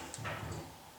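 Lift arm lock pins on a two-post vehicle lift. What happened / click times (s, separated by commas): The lift arm lock pins click free / 0.1 s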